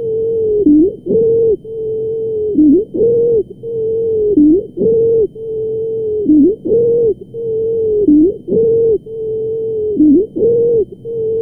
Stridor.